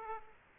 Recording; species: mosquito wingbeat signal from an infrared sensor; Aedes aegypti